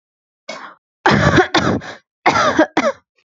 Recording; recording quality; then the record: heavy voluntary cough; excellent, no background noise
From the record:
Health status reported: healthy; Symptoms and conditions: none ticked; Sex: female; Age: 22 years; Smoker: not ticked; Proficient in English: yes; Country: India